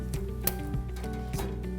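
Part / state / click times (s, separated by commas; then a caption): power-in connector onto a power strip / seated / 0.5 s. A red power-in connector is snapped onto the bottom of a plastic power strip, giving a sharp, bright click at 0.5 s over steady background music. Fainter ticks come at 0.1 s and around 1.3 s. The connector is seated, snapped on.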